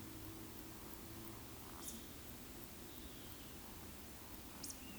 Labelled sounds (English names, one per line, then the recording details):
Eurasian Woodcock whistle
Eurasian Woodcock croak
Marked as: croak, whistle, croak, whistle
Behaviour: display flight
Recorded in Baden-Württemberg, Germany, on 13 June 2021 at 19:50 UTC
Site 23718, 552 m above sea level